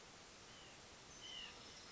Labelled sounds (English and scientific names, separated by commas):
White-breasted Nuthatch (Sitta carolinensis)